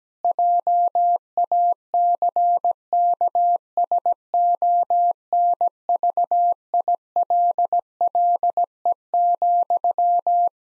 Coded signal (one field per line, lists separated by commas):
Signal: Morse code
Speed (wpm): 17 wpm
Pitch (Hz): 700 Hz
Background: none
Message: JACKSONVILLE,